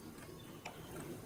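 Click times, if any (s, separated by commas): none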